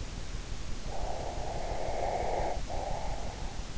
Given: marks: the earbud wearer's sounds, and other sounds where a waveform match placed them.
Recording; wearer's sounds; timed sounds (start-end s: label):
sounds in sleep by an in-ear microphone; breath
0.96-3.62 s: breath